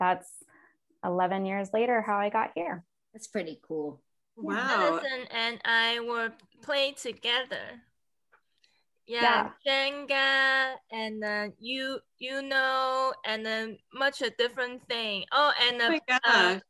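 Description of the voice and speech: An adult woman's conversational speech, halting and fragmented, with drawn-out fillers, word-finding pauses and a word error. Her speech is telegraphic, consistent with aphasia after a stroke.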